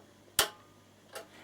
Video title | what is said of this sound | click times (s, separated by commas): Bernina 740 Favorite tutorial | When you hear that click, you know you've got it in correctly. | 0.4 s